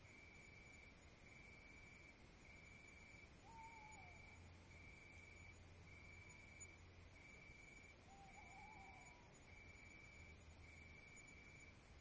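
Cricket giving steady short high trills in a regular series, while two soft whistled notes break in midway, over low rumble.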